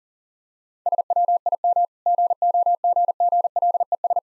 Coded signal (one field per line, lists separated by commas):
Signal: Morse code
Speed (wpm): 40 wpm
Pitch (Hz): 700 Hz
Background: none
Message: SWIM GOGGLES